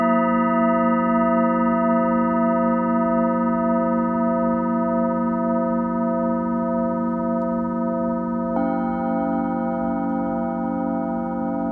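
A Tibetan singing bowl hums with a steady, layered ring, its pitch shifting to a slightly different set of tones around eight seconds.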